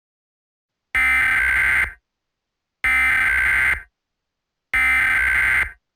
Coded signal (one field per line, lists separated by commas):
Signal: Emergency Alert System (SAME) tones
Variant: header bursts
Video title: Eas Scenario TheSuperiorRace Part One